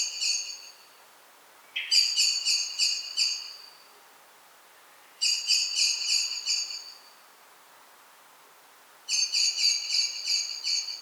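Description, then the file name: Common blackbird giving rattling chatter calls, four bursts of rapid, harsh notes, each lasting up to about two seconds, separated by short pauses. "Turdus merula"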